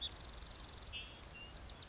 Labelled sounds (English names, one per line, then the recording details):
Bewick's Wren
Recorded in Sonoma County, California